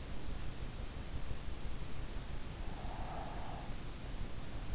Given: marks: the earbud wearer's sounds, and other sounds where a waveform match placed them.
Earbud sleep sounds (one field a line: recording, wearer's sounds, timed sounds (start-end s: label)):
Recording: sounds in sleep by an in-ear microphone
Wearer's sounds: breath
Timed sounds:
2.67-3.92 s: breath